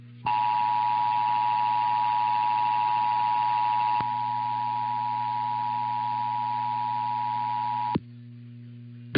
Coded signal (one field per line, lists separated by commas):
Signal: Emergency Alert System (SAME) tones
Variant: 853 and 960 Hz attention tone